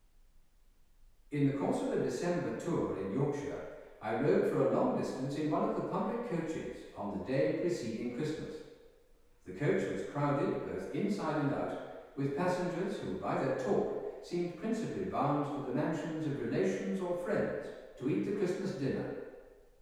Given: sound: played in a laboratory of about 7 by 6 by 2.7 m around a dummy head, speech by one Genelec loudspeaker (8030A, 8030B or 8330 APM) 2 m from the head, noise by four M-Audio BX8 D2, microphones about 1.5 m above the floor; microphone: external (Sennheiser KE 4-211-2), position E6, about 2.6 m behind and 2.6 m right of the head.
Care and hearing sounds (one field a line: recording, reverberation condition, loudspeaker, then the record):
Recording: male speech in English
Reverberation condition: high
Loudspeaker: in front (0 degrees)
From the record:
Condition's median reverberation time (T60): about 1300 ms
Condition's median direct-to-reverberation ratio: about -4.0 dB